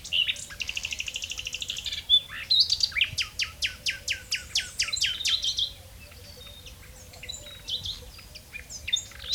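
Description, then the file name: Common nightingale song: varied whistles, then a rapid series of loud repeated notes, followed by softer scattered phrases, with a faint steady hum beneath. "Luscinia megarhynchos"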